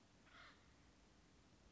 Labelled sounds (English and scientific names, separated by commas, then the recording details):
Acorn Woodpecker (Melanerpes formicivorus)
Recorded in Sonoma County, California